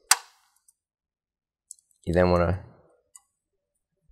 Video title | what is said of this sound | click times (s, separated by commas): HP P4015/P4515 - Replacing the Formatter Board | forward until it clicks into place or slides in the place and stays in place you | 0.1 s